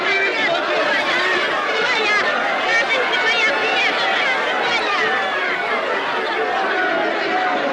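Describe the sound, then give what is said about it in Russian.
A large crowd waiting to greet their loved ones: a dense, steady hubbub of many overlapping voices chattering at once, loud and unbroken from start to finish, with no single voice standing out. “Вероника пробирается сквозь толпу встречающих.”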